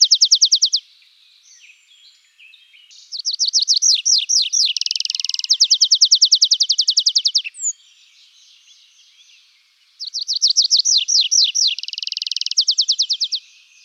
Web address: birdify. anthus trivialis